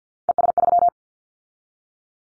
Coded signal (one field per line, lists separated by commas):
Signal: Morse code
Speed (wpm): 50 wpm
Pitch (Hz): 700 Hz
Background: none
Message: ES3